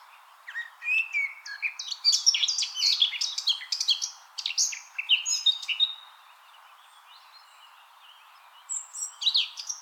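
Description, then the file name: Eurasian blackcap song: a busy, chattering warble with scratchy and clear whistled notes for about five seconds, a quiet gap, then a short fresh burst of song. "Sylvia atricapilla"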